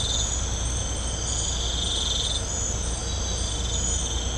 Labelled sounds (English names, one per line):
none